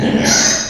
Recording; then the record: squeal of a Yucatan mini pig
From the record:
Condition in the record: before surgery on the right vocal fold (resection and tissue-engineered implant); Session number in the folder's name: 2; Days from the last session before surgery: 0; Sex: male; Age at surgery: 12 weeks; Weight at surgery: 13 kg